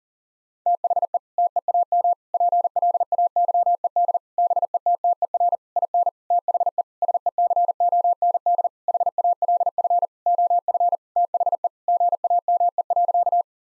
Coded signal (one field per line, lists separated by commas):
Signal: Morse code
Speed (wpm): 40 wpm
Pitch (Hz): 700 Hz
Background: none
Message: THE TEAM PLAYED BETTER IN THE SECOND HALF OF THE GAME.